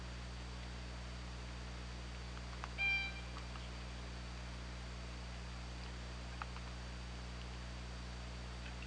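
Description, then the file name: Killer whale call: one short, tonal call with a stack of evenly spaced harmonics, under a steady low hum and hiss; a few faint clicks follow. Picked up by an OrcaLab hydrophone on 24 August 2017, around 23:02. "Orca Lab UTLN JASON 20170824 230212"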